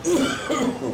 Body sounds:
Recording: coughing mixed with background sound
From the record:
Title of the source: Residual Phlegmy Morning Coughing and Gagging

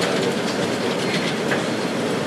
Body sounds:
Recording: background sound without coughing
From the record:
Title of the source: Office Sounds Ambience - Background Noise for Study and Work

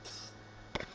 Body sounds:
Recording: coughing mixed with background sound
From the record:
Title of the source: November cold (wet coughing)

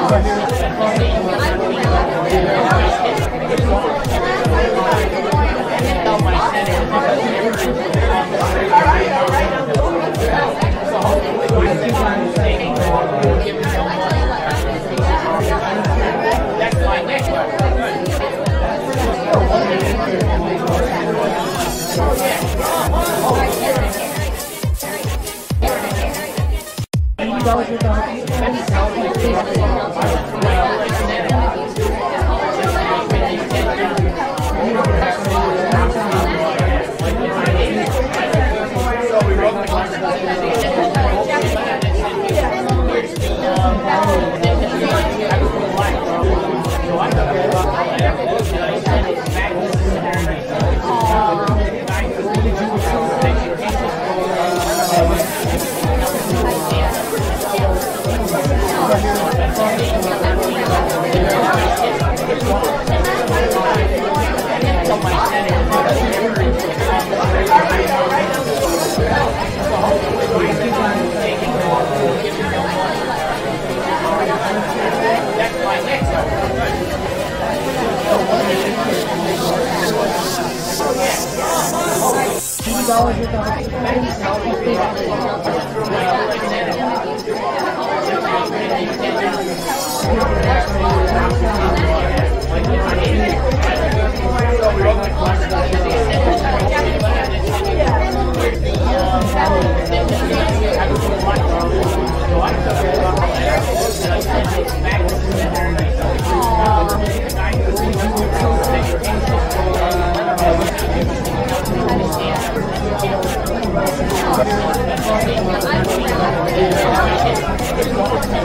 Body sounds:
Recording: background sound without coughing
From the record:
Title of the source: Nightlife Party Simulating Party Club Noise 1 Hour

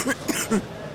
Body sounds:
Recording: coughing mixed with background sound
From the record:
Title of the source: 30 Chesty and wet cough

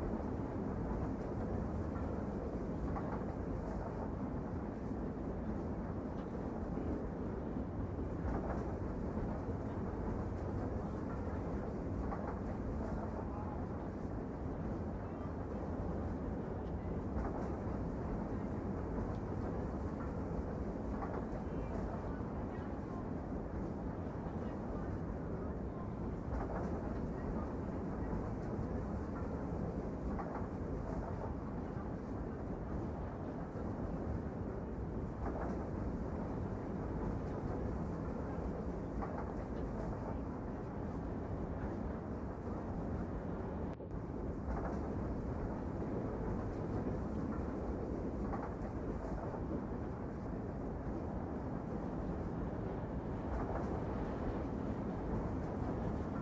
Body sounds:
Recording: background sound without coughing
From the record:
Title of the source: Train Ride Ambience ambient white noise for sleeping, focus, studying, reading

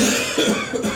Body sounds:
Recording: coughing mixed with background sound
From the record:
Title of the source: Spring Cold Coughing.

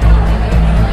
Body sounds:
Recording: background sound without coughing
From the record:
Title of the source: Party Noise 1 Hour Party Ambience

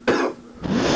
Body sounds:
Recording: coughing mixed with background sound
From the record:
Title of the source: Coughing 77

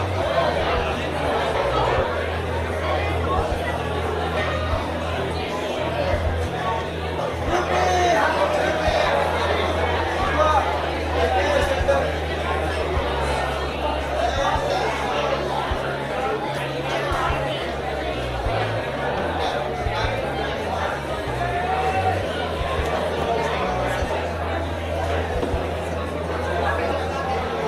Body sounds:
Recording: background sound without coughing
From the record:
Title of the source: CITY SOUNDS Busy Bar in the Evening Night - 2 HOURS of Ambiance for Relaxation

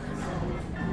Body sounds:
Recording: background sound without coughing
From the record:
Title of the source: 60 minutes of coffee shop sounds for study and concentration

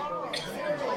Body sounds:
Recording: coughing mixed with background sound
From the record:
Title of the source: Female coughing - Sound effects

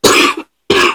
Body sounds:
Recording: coughing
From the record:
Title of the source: 64 coughing, allergies, singing lungs

